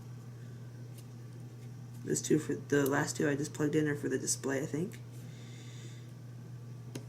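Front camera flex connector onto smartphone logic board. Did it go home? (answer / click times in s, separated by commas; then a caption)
yes / 7.0 s. The front camera flex cable connector, the last one, is pressed onto the logic board of an iPhone 5s during a housing swap. Someone talks over a steady low hum, then a short, sharp click at 7.0 s marks the connector snapping into place, seated.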